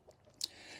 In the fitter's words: in other words there's more of a snap to it it just locks in place